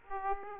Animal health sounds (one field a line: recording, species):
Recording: mosquito wingbeat signal from an infrared sensor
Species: Aedes aegypti